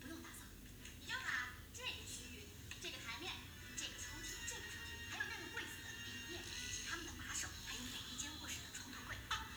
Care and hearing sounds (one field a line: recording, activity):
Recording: daily activity, guitar pickup as the sensor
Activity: browse video